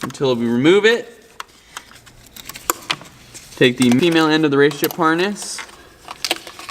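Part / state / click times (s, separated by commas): wiring harness female connector onto engine sensor connector / seated / 6.2 s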